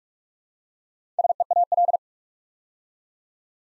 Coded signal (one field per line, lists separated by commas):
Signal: Morse code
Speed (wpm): 44 wpm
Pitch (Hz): 700 Hz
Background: none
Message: SEAL